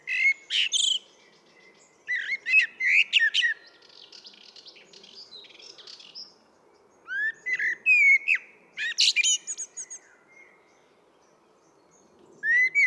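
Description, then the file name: Common blackbird singing repeated phrases, each a low mellow warble ending in thin, squeaky twitters, with short pauses between. "Turdus merula"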